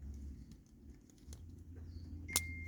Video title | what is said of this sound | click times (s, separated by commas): Adam Of Rare Classic Cars & Automotive History 1972 Lincoln Continental Rear Window Repair | Snaps right in. | 2.4 s